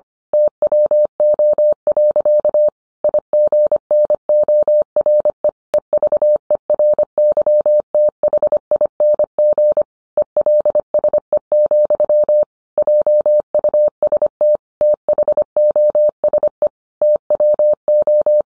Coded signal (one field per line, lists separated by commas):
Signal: Morse code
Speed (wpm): 25 wpm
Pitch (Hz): 600 Hz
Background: none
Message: TWO. IGNORE EVERYTHING ELSE, JUST THOSE TWO